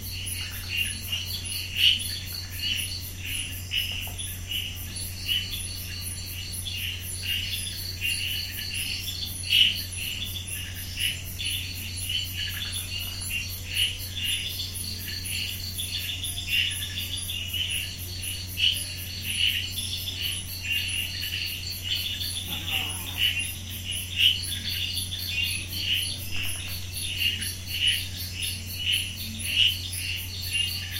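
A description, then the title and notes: Insects chirp through a night in Goa, a dense, steady shimmer of fast, regular pulses high in pitch that never lets up. Beneath it runs a constant low hum from air conditioning, and a few slightly louder chirps stand out near the start and around ten seconds. Cotigao wildlife sanctuary. 10pm Netrevali, Goa, India, sounds of the night - insects chirping, air conditioning drone. Recorded by Mark Wilden.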